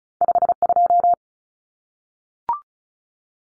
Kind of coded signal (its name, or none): Morse code